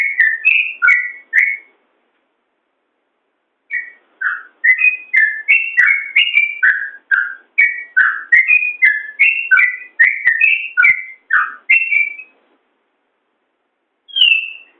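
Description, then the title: Yellow-vented bulbul song. A short burst of clear, warbling notes, a pause, then a long run of quick bubbly whistles and a single note near the end. "Suara Trucukan"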